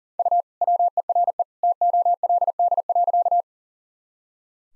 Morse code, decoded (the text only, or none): U WERE TOLD.